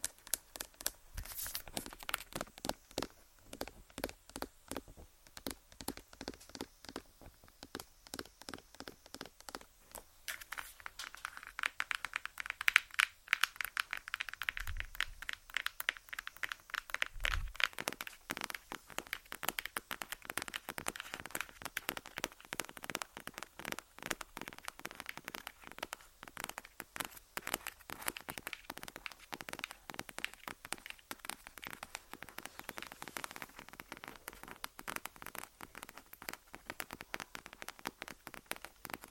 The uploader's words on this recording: ASMR Tapping On Random Objects. (Long Nails).